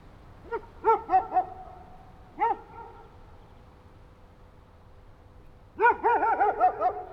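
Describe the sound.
Dog yapping in uneven runs of quick barks, a single bark, then a longer rapid string of yaps after a short pause.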